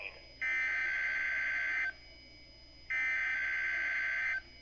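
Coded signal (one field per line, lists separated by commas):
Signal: Emergency Alert System (SAME) tones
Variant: header bursts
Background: speech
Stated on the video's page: NOAA Weather Radio required weekly test, received on a Midland WR120EZ.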